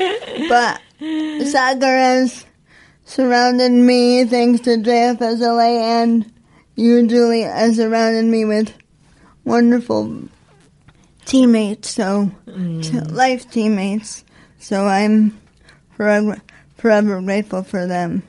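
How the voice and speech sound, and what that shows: An adult woman speaks slowly in short phrases split by frequent pauses, with drawn-out vowels, a flat pitch, a somewhat nasal, tight voice, and one repeated word. This fits spastic dysarthria from spastic quadriplegic cerebral palsy, caused by lack of oxygen to the brain at birth after she was born three months premature, so all her muscles are very tight.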